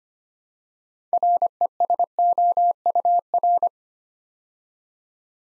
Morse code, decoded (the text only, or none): RESOUR